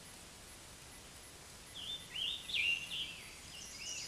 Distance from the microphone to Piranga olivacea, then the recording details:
about 15 m. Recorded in a Pennsylvania forest on 19 May 2023 at 12:04. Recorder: AudioMoth, point grid1_26_low. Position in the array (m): 164 m, 26 m